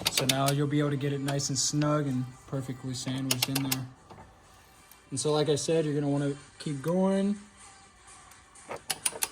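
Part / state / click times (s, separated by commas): click-type torque wrench on strut bar mounting nut on strut tower / torque reached / 9.2 s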